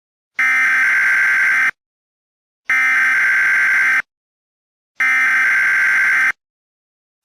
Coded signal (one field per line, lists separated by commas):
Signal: Emergency Alert System (SAME) tones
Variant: header bursts